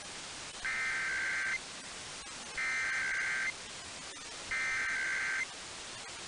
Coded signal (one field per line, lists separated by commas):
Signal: Emergency Alert System (SAME) tones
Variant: header bursts